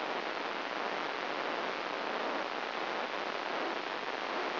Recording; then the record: brain microelectrode recording played as sound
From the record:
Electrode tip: inside the subthalamic nucleus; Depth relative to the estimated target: 3 mm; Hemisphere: right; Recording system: AlphaMap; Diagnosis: Parkinson's disease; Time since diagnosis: 7 years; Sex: female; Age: 49 years